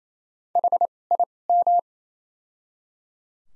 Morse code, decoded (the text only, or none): H I M